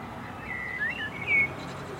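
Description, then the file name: Common blackbird whistling a short series of clear, fluting notes that dip and rise, over a soft background hiss. "Turdus merula"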